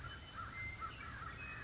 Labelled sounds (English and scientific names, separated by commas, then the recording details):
Western Meadowlark (Sturnella neglecta)
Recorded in Sonoma County, California